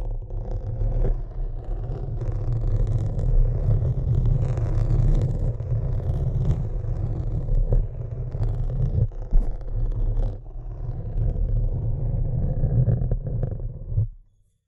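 Tapping and scratching over a constant low, heavy rumble that fills nearly the whole clip. Occasional sharp taps stand out, around the first second and more between eight and ten seconds, with rougher scraping texture above. Everything cuts off abruptly just after fourteen seconds.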